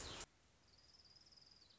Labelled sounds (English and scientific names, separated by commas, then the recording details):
Orange-crowned Warbler (Leiothlypis celata)
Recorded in Sonoma County, California